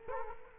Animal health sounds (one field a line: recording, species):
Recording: mosquito wingbeat signal from an infrared sensor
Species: Culex quinquefasciatus